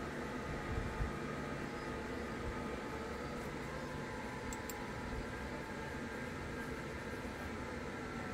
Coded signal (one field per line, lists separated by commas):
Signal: FT8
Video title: CY9C, Saint Paul Island (NA-094), CANADA, 18MHz , FT8 (SuperFOX Mode) , QSO by HL2WA